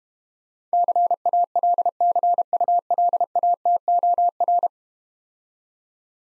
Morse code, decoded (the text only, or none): CALCULATOR